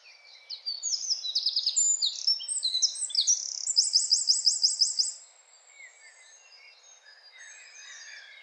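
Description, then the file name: Eurasian wren song, a loud rapid outpouring of high bright notes with a fast trilled rattle near the end, ending abruptly after about five seconds. "Troglodytes troglodytes"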